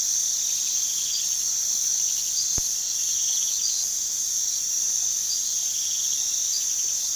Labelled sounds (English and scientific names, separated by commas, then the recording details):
none
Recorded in pastures near Puerto Asís, Putumayo, Colombia, on 18 February 2024 at 04:30
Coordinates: 0.468, -76.328
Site G6414